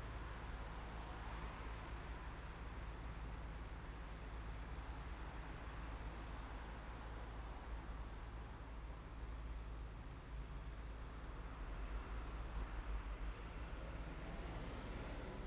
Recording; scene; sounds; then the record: everyday scene through a hearing-aid microphone; in traffic; traffic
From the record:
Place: main city hub, rush hour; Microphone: behind the ear, right, rear